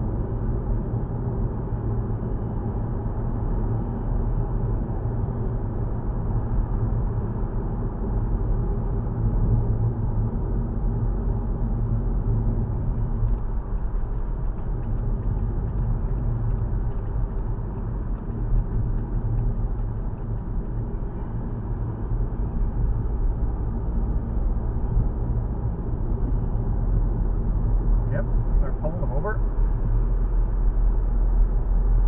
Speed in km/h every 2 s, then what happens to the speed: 63, 63, 61, 61, 60, 56, 50, 44, 40, 40, 39, 39, 40, 42, 42, 44.
0-8 steady at about 61. 8-16 slows to 40. 16-22 steady at about 39.